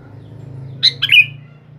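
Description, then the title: Sooty-headed bulbul song: one brief bubbly phrase of two quick notes ending in a falling whistle, against a low steady hum. "Kutilang"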